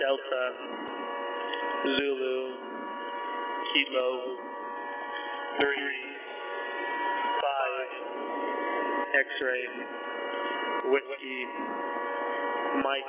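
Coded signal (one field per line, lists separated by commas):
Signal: coded military voice message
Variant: HFGCS Emergency Action Message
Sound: voice reading phonetic letters and digits over hum and static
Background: radio static, mains hum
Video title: UVB-76 and US Emergency Action Message – January 25 2022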